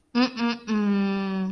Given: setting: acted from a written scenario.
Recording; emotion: vocal sound without words; embarrassment